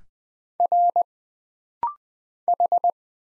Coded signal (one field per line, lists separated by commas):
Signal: Morse code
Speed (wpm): 20 wpm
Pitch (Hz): 700 Hz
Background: none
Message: R H